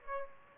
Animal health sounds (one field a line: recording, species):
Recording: mosquito wingbeat signal from an infrared sensor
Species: Aedes aegypti